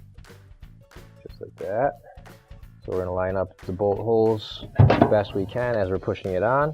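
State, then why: Not seated. A metal washer clutch assembly from a 285790 clutch band and lining kit (AP3094538, PS334642) is pushed onto the washer drive housing with its bolt holes lined up while someone talks. Soft handling knocks sound at about 0.2 and 0.9 seconds. The clip ends before the assembly locks onto the housing, so nothing has seated yet.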